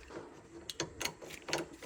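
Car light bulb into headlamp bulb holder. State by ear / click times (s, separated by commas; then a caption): seated / 0.7 s, 0.8 s. A car light bulb is pressed firmly down into its headlamp bulb holder, producing sharp clicks at 0.7 and 0.8 seconds as it seats. Further short clicking and rattling sounds follow, and the bulb ends up clicked securely into the holder.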